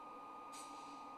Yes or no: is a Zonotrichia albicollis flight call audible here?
no